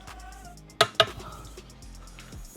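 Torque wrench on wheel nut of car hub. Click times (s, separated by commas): 0.8 s, 1.0 s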